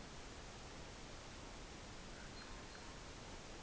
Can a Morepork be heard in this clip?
no